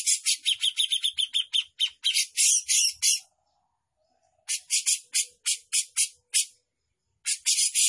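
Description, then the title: Grey-cheeked bulbul chattering in quick harsh notes, a long rapid run, a pause with faint low tones, then more clipped buzzy phrases. Bird described as gacor (persistently singing); song style called mewah mbeset ngepik. "Cucak Jenggot Gacor, Mewah Mbeset Ngepik"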